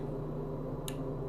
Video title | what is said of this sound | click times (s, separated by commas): Rebuilding a Classic Powr-Kraft Router | I'm sure you heard that click | 0.9 s